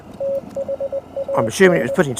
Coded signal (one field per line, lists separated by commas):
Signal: Morse code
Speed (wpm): 20 wpm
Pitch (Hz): 550 Hz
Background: speech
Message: THAD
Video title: Honda Monkey in search of Morse Code Mountainside Pt3